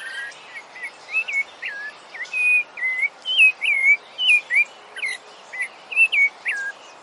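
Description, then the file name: Rufous-bellied thrush singing a run of clear slurred whistles, each note rising or falling, about two per second. "canto do sabia laranjeira"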